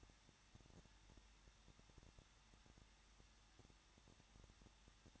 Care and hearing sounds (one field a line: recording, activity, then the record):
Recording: daily activity, microphone in the room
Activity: no activity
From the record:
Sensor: 3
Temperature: 21.2 degrees Celsius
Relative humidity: 36.3%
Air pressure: 1006.3 hPa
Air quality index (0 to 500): 221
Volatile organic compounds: 40 ppm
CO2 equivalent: 3156 ppm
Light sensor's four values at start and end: 2/3/2/2 and 2/3/2/2